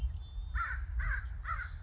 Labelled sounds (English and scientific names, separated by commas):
American Crow (Corvus brachyrhynchos)